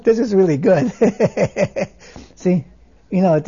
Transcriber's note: he laughs